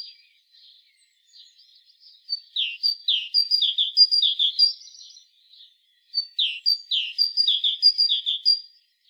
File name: Parus major